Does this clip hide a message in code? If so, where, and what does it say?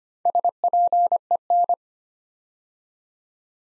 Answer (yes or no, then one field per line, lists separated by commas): yes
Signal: Morse code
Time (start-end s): 0.3-1.7 s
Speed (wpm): 25 wpm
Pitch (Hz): 700 Hz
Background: none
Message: SPEN